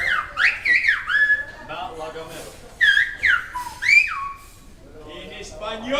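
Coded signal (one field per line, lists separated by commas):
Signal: whistled language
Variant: Silbo Gomero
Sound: loud gliding whistles rising and falling in short phrases, like whistled speech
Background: room echo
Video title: Silbo Gomero гомерский свист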